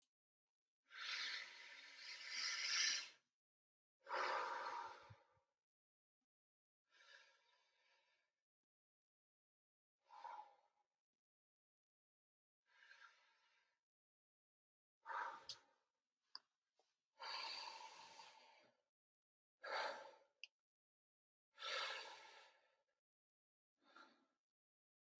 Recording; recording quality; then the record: deep breathing; excellent, no background noise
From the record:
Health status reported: healthy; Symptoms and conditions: asthma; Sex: male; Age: 25 years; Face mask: not worn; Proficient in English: yes